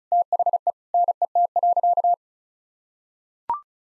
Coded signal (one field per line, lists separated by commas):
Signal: Morse code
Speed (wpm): 36 wpm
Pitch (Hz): 700 Hz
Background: none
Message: THE NET.